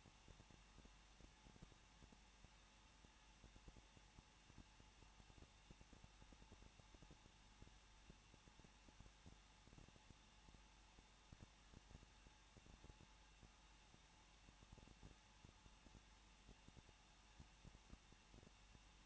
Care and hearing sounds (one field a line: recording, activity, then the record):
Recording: daily activity, microphone in the room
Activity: no activity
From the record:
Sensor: 1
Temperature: 20.1 degrees Celsius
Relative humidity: 39.0%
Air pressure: 1006.5 hPa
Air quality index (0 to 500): 216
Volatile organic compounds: 71 ppm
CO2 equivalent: 3532 ppm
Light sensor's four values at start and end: 1/2/1/1 and 1/2/1/1